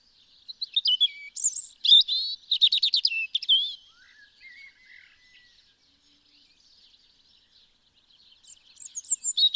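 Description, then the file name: European robin song, a varied phrase of fast, buzzy trills and high whistles, followed by soft thin notes and a new phrase starting at the end. "Erithacus rubecula"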